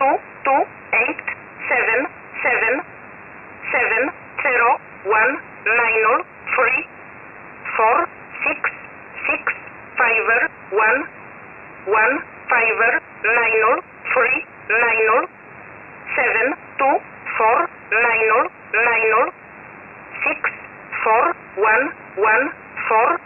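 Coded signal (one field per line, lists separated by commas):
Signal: numbers station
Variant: E11 Oblique, English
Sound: a voice reading short single words at a steady even pace over a radio channel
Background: radio static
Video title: 11 11 2021 Number station E11 Oblique in English to Eu 0827 on 5149 unknown tx site in USB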